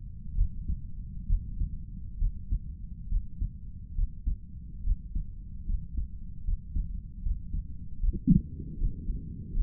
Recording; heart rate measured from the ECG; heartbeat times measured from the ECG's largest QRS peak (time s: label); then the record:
heart sounds by stethoscope; 72 bpm
0.35 s: heartbeat
1.27 s: heartbeat
2.19 s: heartbeat
3.09 s: heartbeat
3.95 s: heartbeat
4.84 s: heartbeat
5.66 s: heartbeat
6.45 s: heartbeat
7.23 s: heartbeat
8.00 s: heartbeat
8.78 s: heartbeat
9.53 s: heartbeat
From the record:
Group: healthy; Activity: Valsalva maneuver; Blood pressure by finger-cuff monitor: 123/89 mmHg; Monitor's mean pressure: 100 mmHg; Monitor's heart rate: 67 bpm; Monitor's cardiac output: 5.1 L/min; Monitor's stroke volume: 75 mL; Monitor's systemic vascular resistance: 1480 dyn s/cm5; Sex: female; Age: 22 years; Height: 163 cm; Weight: 67.1 kg